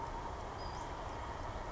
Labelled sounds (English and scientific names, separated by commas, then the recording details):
Western Flycatcher (Empidonax difficilis)
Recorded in Sonoma County, California